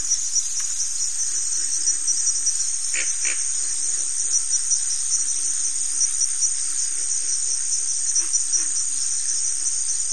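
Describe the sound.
Cricket trill, a constant shrill high sound that never pauses, with faint clicking noises in the background.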